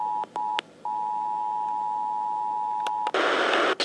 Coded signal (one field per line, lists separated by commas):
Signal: Emergency Alert System (SAME) tones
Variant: 853 and 960 Hz attention tone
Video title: Oregon's RMT (EAS #3435-3439)